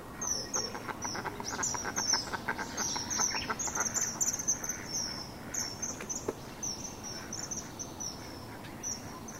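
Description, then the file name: Common kingfisher giving thin, piercing, high whistles that slide slightly downward, repeated rapidly in quick runs over a steady rushing background noise, with some fainter lower clicks. "kawasemi"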